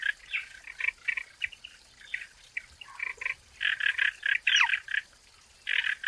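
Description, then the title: Frogs croaking in scattered rasping bursts that grow louder and denser, with one quick descending bird-like note in the second half. Frogs calling in a forest. "林中蛙鸣鸟鸣"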